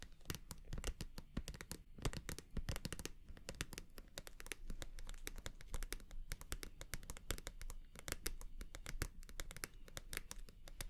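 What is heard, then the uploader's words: Rapid, dense tapping with crisp, bright clicks runs steadily throughout, irregular in rhythm, with a faint scratchy rustle underneath. 100% Tapping.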